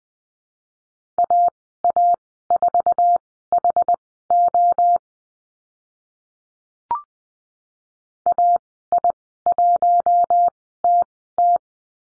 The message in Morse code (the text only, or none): AA4HO AI1TT